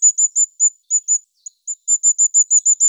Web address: Regulus ignicapillus